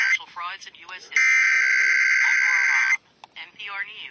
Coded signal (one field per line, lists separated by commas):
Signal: Emergency Alert System (SAME) tones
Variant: header bursts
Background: speech